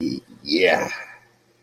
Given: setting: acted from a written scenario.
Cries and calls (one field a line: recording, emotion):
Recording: vocal sound without words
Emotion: contentment